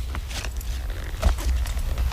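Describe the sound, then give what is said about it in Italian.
Heavy trampling footsteps in the last track of an album: a run of irregular, scuffing thuds and crunches over a steady low rumble, growing somewhat louder toward the end. “Intanto sentite questo calpestio dell'ultima traccia di questo lavoro.”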